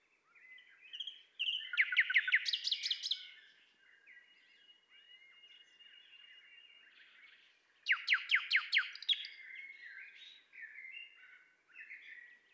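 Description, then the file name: Common nightingale singing loud rattling trills around two and eight seconds, separated by softer sustained whistles and varied chirping phrases. "Luscinia megarhynchos"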